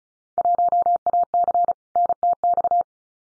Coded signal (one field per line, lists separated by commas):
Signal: Morse code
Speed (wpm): 36 wpm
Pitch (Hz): 700 Hz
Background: none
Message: 1AC NTX